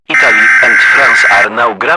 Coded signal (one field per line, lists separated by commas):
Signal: Emergency Alert System (SAME) tones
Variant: header bursts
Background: speech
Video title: EAS SCENARIO-THE INFECTED